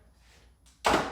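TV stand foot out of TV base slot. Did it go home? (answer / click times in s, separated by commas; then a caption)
released / 0.9 s. With a 2020 Samsung TU8000 Crystal UHD 4K TV held down by one hand, its plastic stand foot is pulled out of its slot in the TV base without tools. A quiet low rumble and faint hiss lead into a loud, sharp broadband thunk at 0.9 s that decays quickly. The foot comes free of the base.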